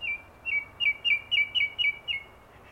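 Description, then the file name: Common nightingale song: a string of about eight clear whistled notes, each dropping slightly in pitch, with steady background hiss. "Luscinia megarhynchos"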